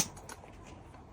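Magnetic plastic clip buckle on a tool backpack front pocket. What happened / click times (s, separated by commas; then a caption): The plastic buckle clip snapped shut / 0.3 s. A magnetic plastic clip buckle on the front pocket of a ranger green Velocity Pro Gear Rogue 50 tool backpack is closed plastic on plastic, after the charging-port cover is slid back and the zip is pulled across. A short, sharp click at 0.3 s is followed by a softer sound at 0.4 s over a quiet background. The buckle snaps shut and locks into place.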